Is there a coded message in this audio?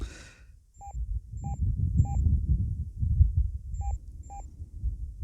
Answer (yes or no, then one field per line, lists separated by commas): no